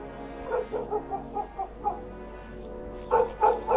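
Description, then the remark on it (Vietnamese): Dogs around a house in Gia Lâm bark just after one o'clock in short, uneven bursts, one bark at a time: a string of fairly quiet, mid-pitched yaps, a brief pause, then a few louder barks at the end. No one speaks. “Tầm độ quá 1 giờ thì bỗng chó ở quanh nhà cứ sủa nhặng lên, cứ tiếng một dấm ra dấm dứt.”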